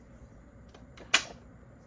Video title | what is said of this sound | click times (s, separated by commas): Classified Scale DreadmoBeast / Thunder Beast 3D printed kitbash | that'll snap right in like that | 1.2 s